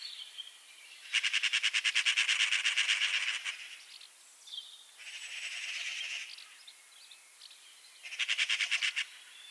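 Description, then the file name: Eurasian magpie chattering in harsh, rapid rattling bursts, a long series followed by a softer hoarse stretch and a shorter rattle at the end. "Pica pica"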